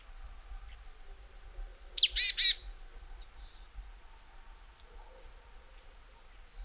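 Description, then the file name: Marsh tit call: one sharp high note followed by two short buzzy, nasal notes in quick succession, given once in a quiet setting. "Poecile palustris"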